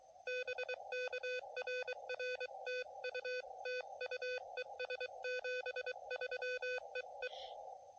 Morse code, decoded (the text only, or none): BK RR TU TU ES 73 EE